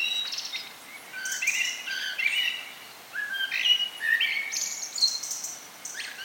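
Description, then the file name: Common blackbird phrases of mellow warbled notes around mid pitch, each ending in thin high squeaky twitters, with short pauses between. "Turdus merula"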